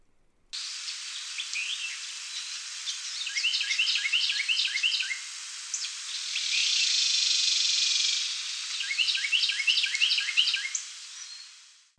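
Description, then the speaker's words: Carolina Wren song of rapid repeated downslurred phrases, interrupted by a loud buzzy rattle, then the phrases resume, over steady high-pitched background hiss. Duet: the male sings tea kettle and the female adds a rattle call at the end, like percussion; only the male sings the classic song. "but then that female comes in at the end for this rattle call that almost adds like percussion to the song."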